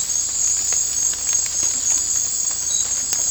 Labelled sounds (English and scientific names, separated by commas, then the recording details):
none
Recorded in dense forest near Puerto Asís, Putumayo, Colombia, on 18 December 2024 at 01:00
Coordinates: 0.466, -76.327
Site G075